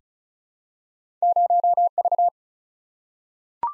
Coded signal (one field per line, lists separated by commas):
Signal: Morse code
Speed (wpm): 36 wpm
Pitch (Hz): 700 Hz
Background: none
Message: 0V